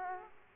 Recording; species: mosquito wingbeat signal from an infrared sensor; Aedes aegypti